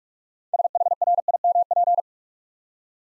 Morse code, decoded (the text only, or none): SHRIMP